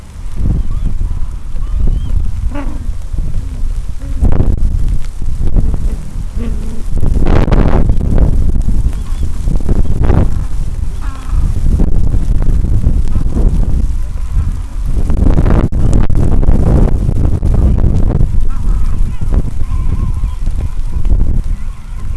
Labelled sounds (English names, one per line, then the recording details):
Gentoo Penguin
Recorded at the colony at Gold Harbour, on 26 December 2014
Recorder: Song Meter SM2+